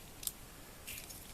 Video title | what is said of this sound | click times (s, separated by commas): Lego 8832 Roadster | and it all locks into place | 0.3 s